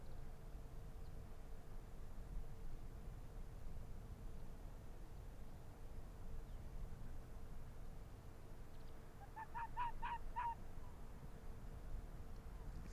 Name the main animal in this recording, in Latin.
Vulpes lagopus